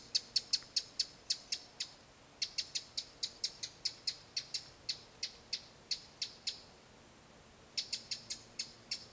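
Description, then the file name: Eurasian wren uttering fast series of dry clicks that run together into short rattles, pausing briefly, then resuming. "Troglodytes troglodytes"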